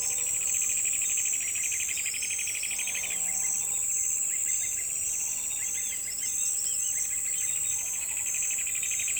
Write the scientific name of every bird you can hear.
Dendroplex picus, Thraupis episcopus